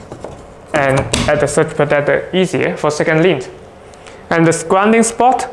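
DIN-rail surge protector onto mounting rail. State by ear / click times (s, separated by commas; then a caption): seated / 0.1 s, 0.2 s. A DIN-rail surge protector for an IP camera line is snapped onto a metal DIN rail next to the network video recorder. Two short, sharp clicks at 0.1 s and 0.3 s mark it latching into place. Someone then talks for the rest of the clip.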